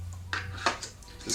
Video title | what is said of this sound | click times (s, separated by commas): Affordable 2K Video Doorbell With Free Accessories Other Charge For – Nooie Video Doorbell review | clicks right on in there and that's it it's in | 0.3 s